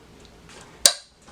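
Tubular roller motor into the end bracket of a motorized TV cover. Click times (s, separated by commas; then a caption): 0.9 s. A tubular roller motor for a motorized electric TV cover is pushed in, its spring end retracted a little, and released into the cover's end bracket. After faint handling noise, a sharp, loud snap at 0.9 s rings briefly and fades. The motor is seated in its bracket.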